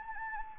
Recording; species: mosquito wingbeat signal from an infrared sensor; Anopheles gambiae